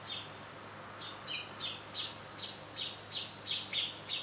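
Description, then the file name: Eurasian blackbird giving a steady run of loud metallic chinks, about three per second. "Turdus merula"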